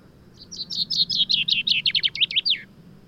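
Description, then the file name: Common chaffinch song: one quick series of notes tumbling downward into a terminal flourish. "Fringilla coelebs"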